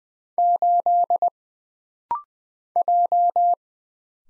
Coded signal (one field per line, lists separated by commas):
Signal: Morse code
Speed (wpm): 20 wpm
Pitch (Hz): 700 Hz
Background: none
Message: 8 J